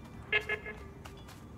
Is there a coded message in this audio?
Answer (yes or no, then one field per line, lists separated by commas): no